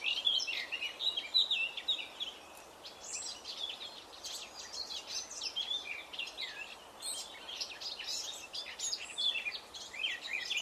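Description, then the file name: Eurasian blackcap giving a hurried warbled song of mixed whistles and chatter, strongest at the start, against a noisy hissing background. "Sylvia atricapilla"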